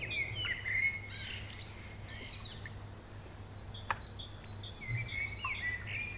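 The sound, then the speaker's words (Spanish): Birds chirp on and off throughout, with high, thin whistles and quick trills overlapping one another above a steady low hum. No one speaks. “Esos pájaros.”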